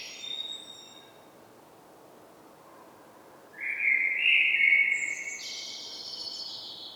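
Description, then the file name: Common blackbird singing a single fluted phrase followed straight away by a high, squeaky twittering tail, after a quiet pause. "Turdus merula"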